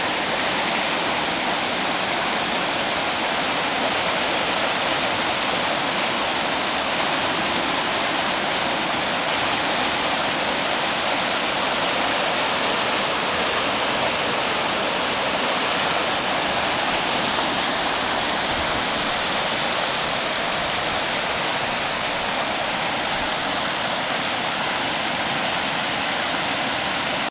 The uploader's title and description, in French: Riviere Sainte Suzanne au niveau du gué vers la cascade Niagara. La rivière Sainte Suzanne déborde et efface complètement la route.